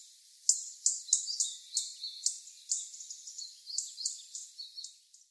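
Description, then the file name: European robin uttering high, sharp chirps and thin twittering notes at irregular intervals. "Erithacus rubecula"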